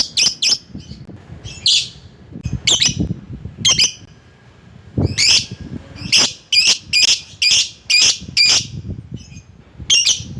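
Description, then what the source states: Lovebird calls, busy, shrill chattering with rapid squawks, some in quick runs, over low rumbling background noise. Lovebird calling a rival.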